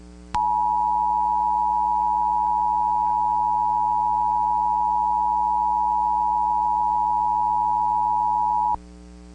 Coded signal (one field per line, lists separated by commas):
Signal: Emergency Alert System (SAME) tones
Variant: 853 and 960 Hz attention tone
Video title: EAS Recreation: November 9th, 2011 National EAS Test